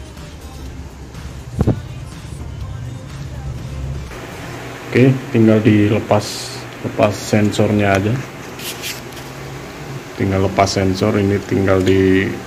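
On a GSX R150 motorcycle, the plastic latch of a second wiring connector on the throttle body is pressed until it clicks at 1.6 s, and the connector is then pulled off and released. The work is part of cleaning the throttle body to fix stuttering, an unstable idle and frequent stalling. Someone talks over the work.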